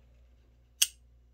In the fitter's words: When that click happens like that, you can barely see it right there,